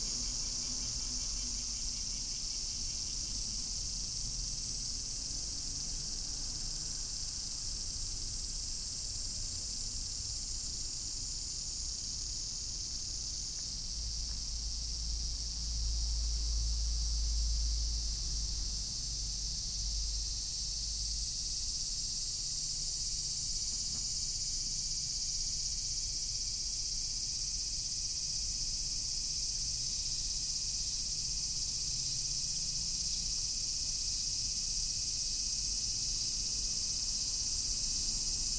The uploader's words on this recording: This episode is a composition comprising field recordings I made in Kyoto Japan in 2015.